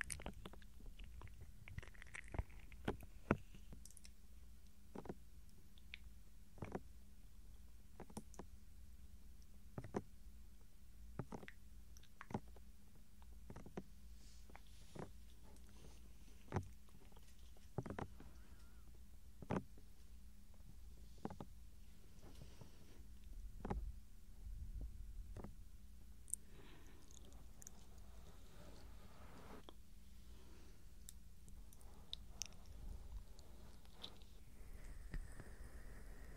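Soft ear touching and gentle mouth sounds: a steady stream of short taps and clicks, about one or two per second, over a constant low hum. Now and then a faint brighter swish or smacking sound stands out, especially near the end.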